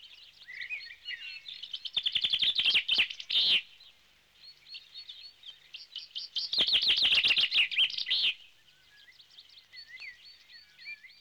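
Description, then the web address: Bird twittering throughout, broken by two loud, very rapid chattering trills, each lasting one to two seconds. "audio animali uccelli 03 uccelli birds 08"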